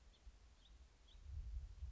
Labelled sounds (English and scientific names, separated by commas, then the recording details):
House Finch (Haemorhous mexicanus)
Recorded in Sonoma County, California